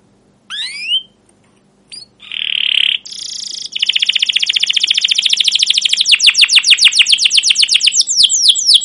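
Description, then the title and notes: Canary singing: a rising whistle, a brief buzzy note, then a long fast rattling trill of repeated chirps lasting several seconds. Canary singing long, emotional chirping song ('cuit cuit', 'ngerol'), used as a lure and master recording to train young canaries to learn sounds. "CUIT CUIT NGEROL LANGSUNG GACOR PANJANG Kenari Utk Pancingan KENAR. PANCINGAN Kenari GACOR PANJANG Cuit CUIT EMOSI utk MASTERAN Kenari PAUD belajar BUNYI. burung kenari"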